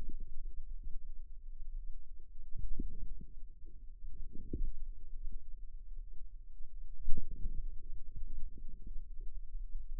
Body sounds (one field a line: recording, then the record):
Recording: forearm muscle sounds (acoustic myography)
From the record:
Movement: wrist flexion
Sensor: system 2, bracelet of six BSWA MPA416 microphones around the upper forearm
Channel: 1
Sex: female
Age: 22 years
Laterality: right